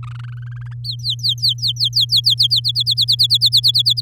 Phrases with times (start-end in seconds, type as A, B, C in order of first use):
0.03-0.63 A, 0.66-0.74 B, 0.84-2.60 C, 2.64-4.01 D